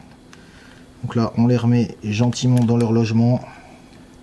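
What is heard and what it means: Keyed wire connectors are being handled to plug them gently back into their sockets inside a Jumper T18 (T18 lite / T18 pro) RC radio transmitter, with a faint brief tick near 0.3 s. Someone talks from about 1.0 to 3.4 s. Nothing has seated or clicked in yet.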